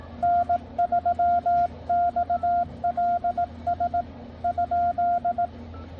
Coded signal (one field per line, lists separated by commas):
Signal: Morse code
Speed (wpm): 18 wpm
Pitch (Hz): 700 Hz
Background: none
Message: N3XLS ?